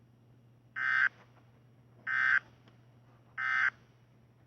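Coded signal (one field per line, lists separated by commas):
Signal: Emergency Alert System (SAME) tones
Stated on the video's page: Fictional EAS scenario.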